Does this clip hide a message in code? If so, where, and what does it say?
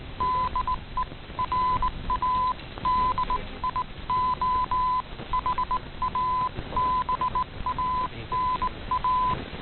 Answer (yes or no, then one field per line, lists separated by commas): yes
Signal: Morse code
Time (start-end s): 0.2-9.3 s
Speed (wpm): 19 wpm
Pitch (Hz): 1010 Hz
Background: none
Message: DE RADIO HABANA